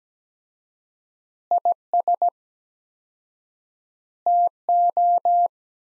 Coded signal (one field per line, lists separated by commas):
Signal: Morse code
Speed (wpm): 17 wpm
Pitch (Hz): 700 Hz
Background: none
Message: IS TO